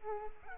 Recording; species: mosquito wingbeat signal from an infrared sensor; Culex pipiens